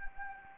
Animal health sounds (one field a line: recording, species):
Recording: mosquito wingbeat signal from an infrared sensor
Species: Anopheles gambiae